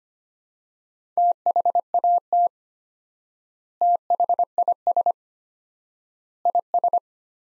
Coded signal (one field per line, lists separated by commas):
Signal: Morse code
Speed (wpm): 25 wpm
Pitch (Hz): 700 Hz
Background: none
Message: THAT THIS IS